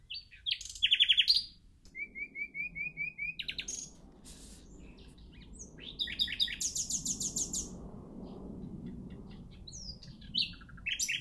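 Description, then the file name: Common nightingale singing varied phrases: a loud whistled burst, a row of repeated notes, then dense buzzy rattles and scattered sharp notes. "Luscinia megarhynchos"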